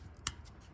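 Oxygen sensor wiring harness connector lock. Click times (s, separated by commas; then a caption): 0.3 s. A plastic locking tab (connector position assurance) on a joined oxygen sensor wiring harness connector on a 2018 Chevy Colorado / GMC Canyon (2015–2022 2nd Gen) is pushed in. A single sharp, bright click at 0.3 s stands out over a low background hum. The connector lock tab clicks in and the connector is locked.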